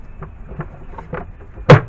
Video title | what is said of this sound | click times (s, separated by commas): 2004-2010 5 Series BMW Transmission Filter / Fluid change | There you go. So once that's snapped in place, | 1.7 s